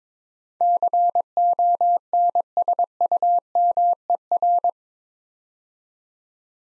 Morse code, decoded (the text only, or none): CONSUMER